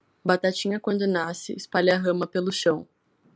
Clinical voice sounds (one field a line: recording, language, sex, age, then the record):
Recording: short text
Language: Brazilian Portuguese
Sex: female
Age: 18 to 19 years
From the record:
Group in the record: control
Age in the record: 18 years